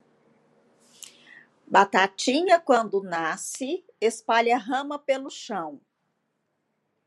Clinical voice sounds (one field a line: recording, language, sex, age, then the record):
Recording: short text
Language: Brazilian Portuguese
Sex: female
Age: 50 to 59 years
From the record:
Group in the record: control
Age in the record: 52 years